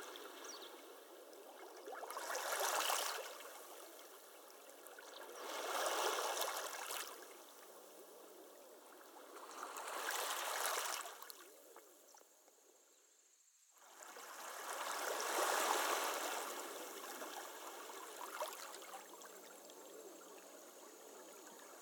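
Gentle sea waves wash over a stony beach in slow surges every few seconds, with hissing, trickling water between them and a brief hush near thirteen seconds.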